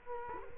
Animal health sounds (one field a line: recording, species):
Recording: mosquito wingbeat signal from an infrared sensor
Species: Culex quinquefasciatus